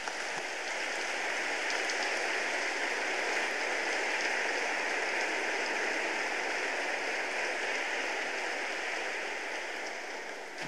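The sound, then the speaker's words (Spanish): A church audience applauds the older adults during a homily, clapping steadily for about ten seconds in a dense, even wash of many hands clapping at once, with no individual claps standing out and no voices. “Les damos un aplauso a los adultos.”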